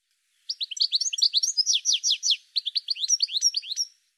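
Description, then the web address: Bird giving a fast, high chattering series of sharp downslurred notes, about three and a half seconds long with a brief pause partway through; no other sounds. "cianscape birddata Deverinetal 2025 File cleaned normalized Bird"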